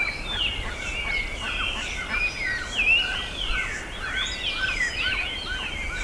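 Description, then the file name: Bird chorus of many overlapping chirps and warbled whistles, sliding up and down without pause, over a steady low rumble. "SABIOD 50 bird 2015"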